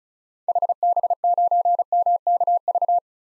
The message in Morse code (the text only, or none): HB9MKV